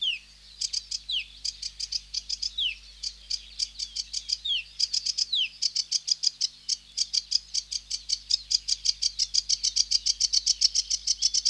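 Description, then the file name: Sedge warbler song: descending whistled slurs among scratchy notes, building into a long, fast chattering run of repeated dry elements. "Sedge Warbler (Acrocephalus schoenobaenus)"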